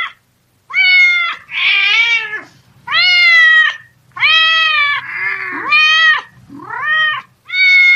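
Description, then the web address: Domestic cat giving a run of loud, drawn-out meows, some harsh and rasping, others clear and wavering, with short pauses between. Cat crying fiercely and frighteningly, per the Vietnamese description. "tieng meo keu hung du dang so"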